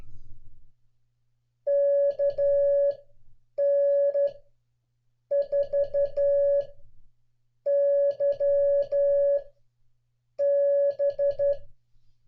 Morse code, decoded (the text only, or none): KN4YB